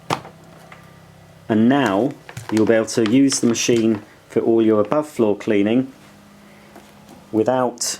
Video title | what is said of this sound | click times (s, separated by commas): Miele S7580 Autocare Hepa Upright Vacuum Cleaner Review & Demonstration | you just push the hose down like this until it clicks | 0.1 s